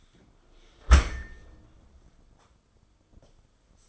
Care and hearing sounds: daily activity, microphone in the room; close dishwasher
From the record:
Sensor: 5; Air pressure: 994.6 hPa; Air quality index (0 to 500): 195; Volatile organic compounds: 1000 ppm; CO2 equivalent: 5751 ppm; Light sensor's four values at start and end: 48/145/57/62 and 52/156/61/68

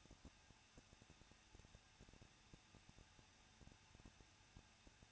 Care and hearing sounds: daily activity, microphone in the room; no activity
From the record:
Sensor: 2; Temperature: 21.0 degrees Celsius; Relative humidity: 37.5%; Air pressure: 1006.2 hPa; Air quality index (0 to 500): 223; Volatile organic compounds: 25 ppm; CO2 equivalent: 2827 ppm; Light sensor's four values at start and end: 2/3/2/2 and 2/3/2/2

